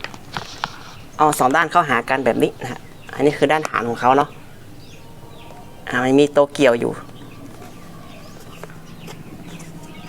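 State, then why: Not seated. Someone talks while handling the two plastic halves of a MELNG bladeless tower fan's base stand, with a few brief handling knocks in the first 0.6 seconds and quiet stretches between the speech. The halves have not locked together yet, and nothing has seated or clicked.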